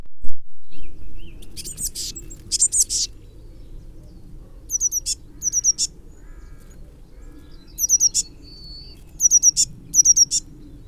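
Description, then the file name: Eurasian blue tit: small bird calls in high thin bursts of several notes, repeated in clusters after an opening thump and rustle, with low background noise throughout. "Cyanistes caeruleus"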